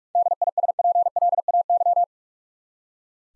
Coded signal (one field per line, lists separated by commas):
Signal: Morse code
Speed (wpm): 45 wpm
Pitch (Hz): 700 Hz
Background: none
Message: DISPLAY